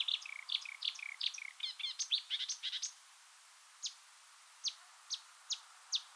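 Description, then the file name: Marsh warbler song: a burst of quick chattering notes for about three seconds, then a few isolated sharp chips. "suara kicauan burung marsh warbler. omkicau"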